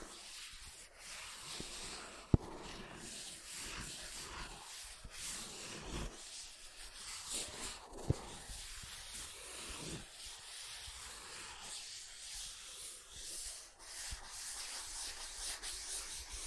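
Soft tracing and rubbing across surfaces, a steady bright scratchy hiss with uneven strokes, plus sharp clicks near two and eight seconds.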